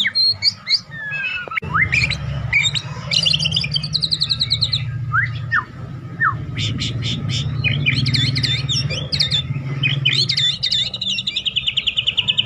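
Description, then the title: White-rumped shama song: bursts of fast chattering trills alternating with short whistles, delivered in quick succession over a steady low background hum. Master recording for training birds. "MASTERAN MURAI BATU LABAIK"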